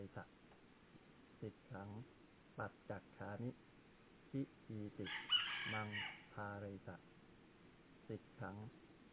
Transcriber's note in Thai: เสียงท่านพุทธทาส